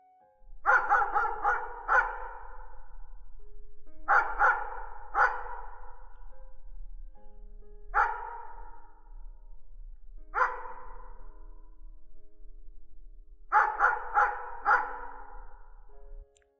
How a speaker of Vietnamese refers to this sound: Khoảng 11 giờ trưa hôm đó, tự nhiên có con chó ngoài sân nó cứ sủa.